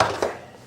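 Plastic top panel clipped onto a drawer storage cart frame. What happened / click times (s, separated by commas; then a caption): The clipped plastic top snapped free and came off / 0.0 s. A plastic top panel is pulled off a plastic drawer storage cart frame, where it is held on by snap clips. A sharp plastic snap sounds at 0.0 s as the clips let go, followed by a quieter second snap around 0.2 s that fades out. The top panel is released and comes off the cart.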